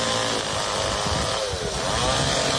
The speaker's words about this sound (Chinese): 抢修人员戴着安全帽搭上吊车，身上半空，将卡在电线上的大树锯断。